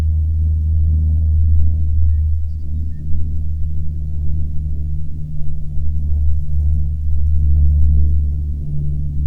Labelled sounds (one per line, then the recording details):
songbird
wind
aircraft
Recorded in the Prudhoe Bay oil fields, Alaska, on 21 June 2019 at 09:43
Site 22